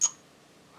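A match-grade cartridge is dropped into the steel chamber of the removed barrel of a SAR USA SAR9 C pistol for a chamber support check. A single short plunk lands at 0.0 s (0.04 s), then fades into quiet. The cartridge drops in cleanly and seats, and it sounds good.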